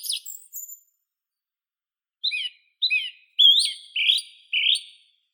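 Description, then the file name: Song thrush giving a few high notes, a pause, then twice-repeated chirpy phrases followed by longer rich whistles. "Neizvesten - Drozd pevchij Turdus philomelos"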